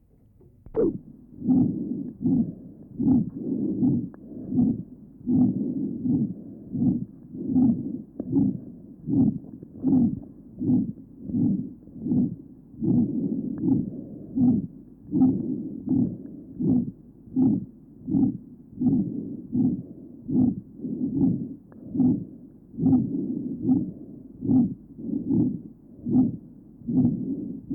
Severe aortic stenosis. Note the harsh ejection systolic murmur at the aortic area. This recording is taken at the aortic area.